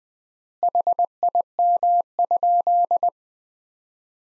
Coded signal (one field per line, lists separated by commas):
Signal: Morse code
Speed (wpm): 20 wpm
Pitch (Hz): 700 Hz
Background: none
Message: HIM?